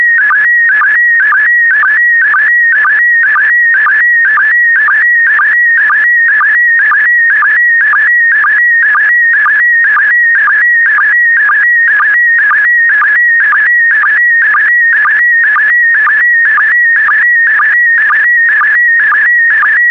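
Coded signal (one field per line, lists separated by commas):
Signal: SSTV (slow-scan television)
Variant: PD120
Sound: steady warbling tone near 2 kHz with regular low blips about twice a second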